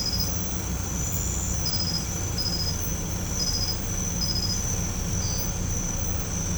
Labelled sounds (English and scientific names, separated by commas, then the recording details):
none
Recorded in pastures near Puerto Asís, Putumayo, Colombia, on 16 December 2024 at 04:00
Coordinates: 0.505, -76.324
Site G063